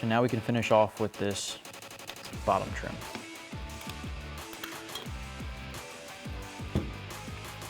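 The plastic bottom trim cover is handled and positioned on an aftermarket MMD GTX leather and suede steering wheel for a 2015-2017 Mustang GT, with music playing underneath. Someone talks, and brief handling knocks are heard around 2.1, 3.9 and 4.6 seconds. Nothing has seated or snapped into place yet.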